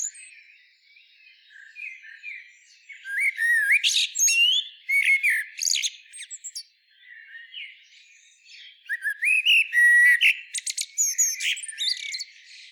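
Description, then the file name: Common blackbird singing: faint opening, then two lively stretches of fluted, rising and falling phrases laced with high scratchy twitters. "Turdus merula"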